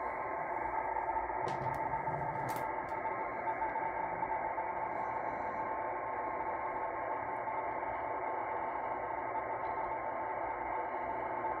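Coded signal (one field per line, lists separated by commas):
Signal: NAVTEX (SITOR-B)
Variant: 100 baud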